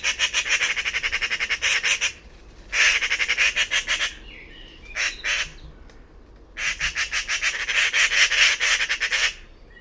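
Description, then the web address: Loud, raspy bird chatter in long bursts of rapid pulses, broken by brief pauses and one short burst near the middle. "Bird Only More Classes Pi Pi Pi Pi"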